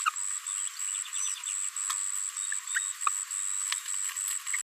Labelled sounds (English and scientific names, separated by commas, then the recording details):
Green-rumped Parrotlet (Forpus passerinus) babbling
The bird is a female
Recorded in a nest box in Venezuela
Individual 17B73B3